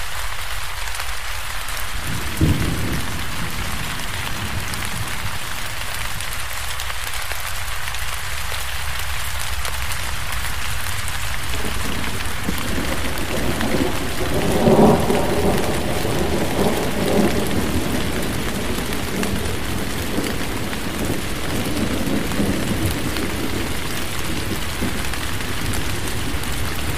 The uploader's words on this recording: Forest Rain Sounds. Thunderstorm White Noise.